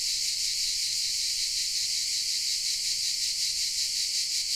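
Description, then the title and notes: Cicadas give a steady, loud, high buzzing chorus with a faint, fast pulsing throughout, filling the upper range without a break. Recorded in the shade of pine trees in a park at Padula, Italy; mainly cicada sounds; recorded with a Zoom H6 and MS capsule. "Cicale nel parco della Certosa. Registrazione all'ombra dei pini nel parco della Certosa di Padula. Principalmente biofonie prodotte da cicale e corvi"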